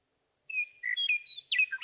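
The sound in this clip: Western meadowlark song: clear whistled notes, then a quick jumble of notes that sweep downward.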